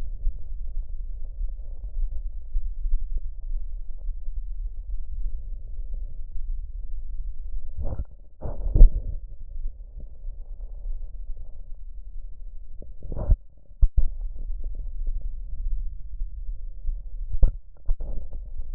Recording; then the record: lung sounds by stethoscope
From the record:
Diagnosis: chronic bronchitis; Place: left posterior upper chest